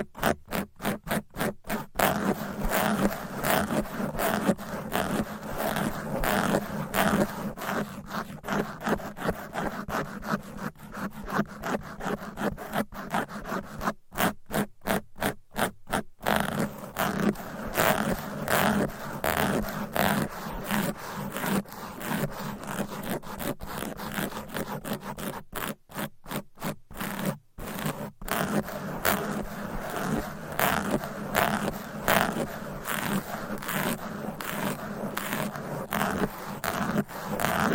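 Fast, aggressive scratching and tapping with nails runs almost nonstop in dense, rhythmic rasping strokes, with brief clipped dropouts near 2, 15 and 27 seconds.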